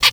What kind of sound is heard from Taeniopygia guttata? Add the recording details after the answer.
kackle call. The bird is a female. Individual fem8